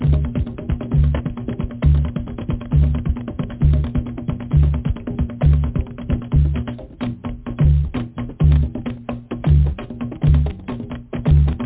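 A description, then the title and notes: Drumming at a steady, busy pace: deep thumps land about once a second while rapid, dense taps fill the gaps between them. A low sustained hum runs underneath the whole time, and the sound is muffled, with no bright top end. DRUMMING.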